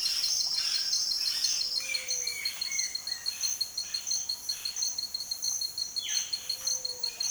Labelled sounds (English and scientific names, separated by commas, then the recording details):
Mealy Parrot (Amazona farinosa), unidentified bird, Violaceous Jay (Cyanocorax violaceus)
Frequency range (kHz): unidentified bird 1.5-2.9 kHz; Violaceous Jay (Cyanocorax violaceus) 1.2-4.5 kHz
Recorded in dense forest near Puerto Asís, Putumayo, Colombia, on 18 February 2024 at 07:00
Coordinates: 0.502, -76.326
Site G6460